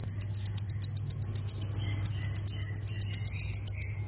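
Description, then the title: Plain prinia song: a steady, rapid run of high repeated notes, with a low hum underneath. "Ciblek Sawah"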